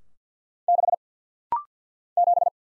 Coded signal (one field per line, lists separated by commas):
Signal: Morse code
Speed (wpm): 50 wpm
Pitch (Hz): 700 Hz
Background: none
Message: 6 7